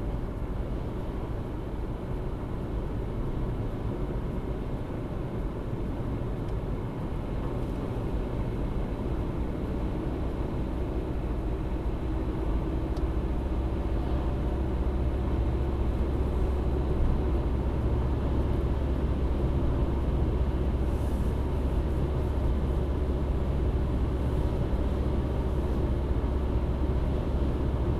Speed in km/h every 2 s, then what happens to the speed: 81, 81, 81, 82, 83, 85, 87, 89, 90, 90, 90, 90, 90, 90.
0-15 speeds up to 90. 15-28 steady at about 90.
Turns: none.